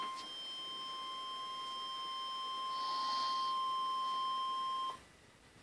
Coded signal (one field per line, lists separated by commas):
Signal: Emergency Alert System (SAME) tones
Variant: 1050 Hz attention tone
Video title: Special Marine Warning (EAS #109)